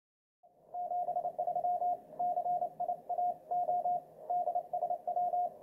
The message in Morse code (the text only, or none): 73 CIAO DSW